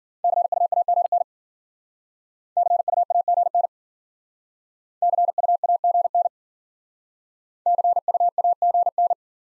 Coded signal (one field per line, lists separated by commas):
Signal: Morse code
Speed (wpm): 53 wpm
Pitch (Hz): 700 Hz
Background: none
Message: CUAGN CUAGN CUAGN CUAGN